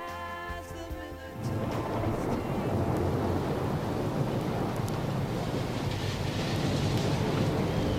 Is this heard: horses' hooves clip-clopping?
no